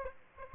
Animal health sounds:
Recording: mosquito wingbeat signal from an infrared sensor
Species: Aedes aegypti

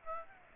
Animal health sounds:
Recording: mosquito wingbeat signal from an infrared sensor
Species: Aedes aegypti

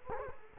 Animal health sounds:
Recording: mosquito wingbeat signal from an infrared sensor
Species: Culex quinquefasciatus

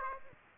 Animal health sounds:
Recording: mosquito wingbeat signal from an infrared sensor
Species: Aedes aegypti

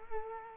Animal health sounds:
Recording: mosquito wingbeat signal from an infrared sensor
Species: Culex quinquefasciatus

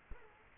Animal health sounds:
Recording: mosquito wingbeat signal from an infrared sensor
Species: Culex quinquefasciatus

